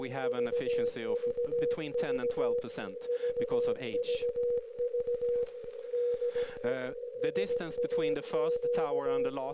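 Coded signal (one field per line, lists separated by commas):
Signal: Morse code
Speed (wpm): 17 wpm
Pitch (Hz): 480 Hz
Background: speech, radio noise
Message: VVV VVV DE SAQ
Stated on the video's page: SAQ transmission, live stream.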